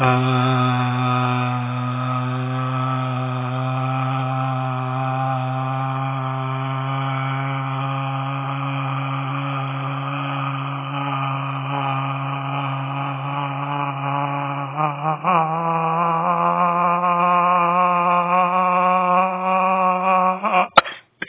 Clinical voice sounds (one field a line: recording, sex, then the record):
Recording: sustained vowel /a/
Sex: male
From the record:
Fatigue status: fatigue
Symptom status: symptomatic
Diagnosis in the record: COVID-19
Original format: 3gp